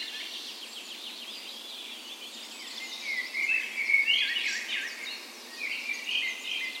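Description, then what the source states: Birds in a soft dawn chorus, faint trills at first, then louder warbling and whistled notes swelling in the middle. Dawn chorus in a park west in Bergen, Norway, on the morning of 17 May, Norway's National Day, in full spring; Sony PCM A10 recorder with LOM micro Usi microphones as "tree ears".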